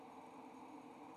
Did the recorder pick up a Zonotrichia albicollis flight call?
no